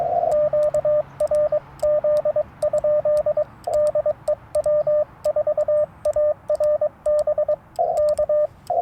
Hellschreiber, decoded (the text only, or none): none